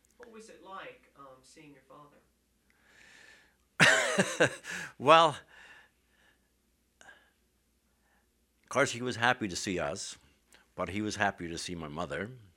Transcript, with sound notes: What was it like seeing your father?
( he laughs ) Well, of course, he was happy to see us, but he was happier to see my mother.